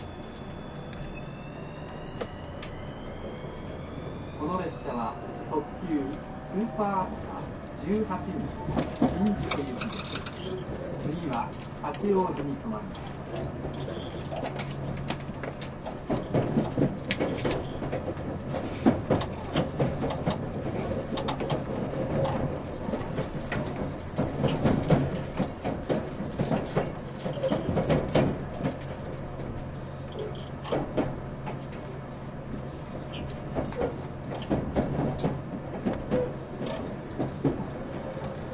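A train runs steadily, with a constant low rumble and hum underneath throughout. Clacks and clunks come frequently, thickening after about 15 seconds into dense rattling. Brief rising and falling whines appear early, around 5 to 12 seconds, with faint voices mixed in.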